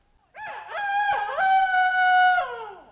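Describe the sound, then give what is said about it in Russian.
A single loud rooster crow, about two and a half seconds long: a few choppy rising notes lead into a long, steady, strained cry that drops away at the end. No voices. “Мсье Петух, погодите минуточку с вашими кукареканьями!”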